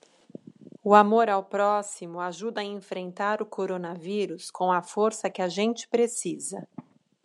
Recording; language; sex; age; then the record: spoken sentence; Brazilian Portuguese; female; 40 to 49 years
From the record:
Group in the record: control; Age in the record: 44 years